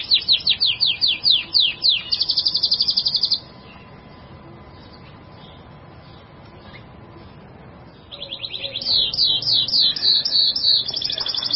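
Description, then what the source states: Bird song in two bouts: quick descending whistles running into a metallic trill, a quiet pause of several seconds, then trills and whistles resume. Labelled as a masteran recording.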